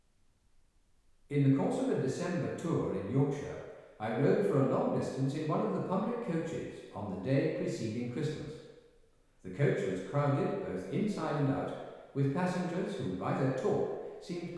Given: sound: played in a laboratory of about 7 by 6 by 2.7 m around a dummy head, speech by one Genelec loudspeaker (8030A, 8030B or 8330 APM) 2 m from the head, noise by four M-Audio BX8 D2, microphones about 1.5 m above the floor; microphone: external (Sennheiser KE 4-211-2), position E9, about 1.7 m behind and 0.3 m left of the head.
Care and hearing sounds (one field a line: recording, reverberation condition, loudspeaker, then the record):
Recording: male speech in English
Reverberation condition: high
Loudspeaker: 120 degrees to the left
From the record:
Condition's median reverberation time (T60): about 1300 ms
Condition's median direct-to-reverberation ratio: about -4.0 dB